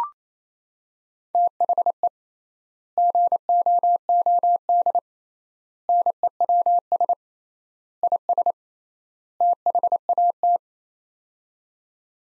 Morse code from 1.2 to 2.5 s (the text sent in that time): THE